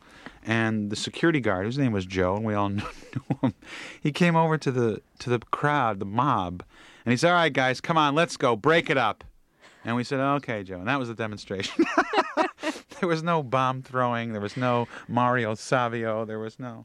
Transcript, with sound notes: And the security guard - his name was Joe, and we all knew him - he came over to the crowd, the mob. And he said, all right, guys. Come on, let's go. Break it up. And we said, OK, Joe. And that was the demonstration.
(LAUGHTER)
There was no bomb throwing. There was no Mario Savio. There was no...